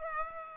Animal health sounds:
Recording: mosquito wingbeat signal from an infrared sensor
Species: Aedes aegypti

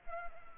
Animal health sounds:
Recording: mosquito wingbeat signal from an infrared sensor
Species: Culex pipiens

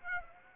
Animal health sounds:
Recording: mosquito wingbeat signal from an infrared sensor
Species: Aedes aegypti

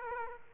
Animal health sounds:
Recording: mosquito wingbeat signal from an infrared sensor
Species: Aedes aegypti

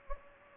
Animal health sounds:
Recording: mosquito wingbeat signal from an infrared sensor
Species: Anopheles gambiae

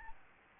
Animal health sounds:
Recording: mosquito wingbeat signal from an infrared sensor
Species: Aedes albopictus

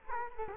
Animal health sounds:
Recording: mosquito wingbeat signal from an infrared sensor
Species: Culex quinquefasciatus

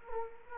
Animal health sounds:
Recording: mosquito wingbeat signal from an infrared sensor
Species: Culex quinquefasciatus

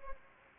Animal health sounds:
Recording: mosquito wingbeat signal from an infrared sensor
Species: Anopheles gambiae

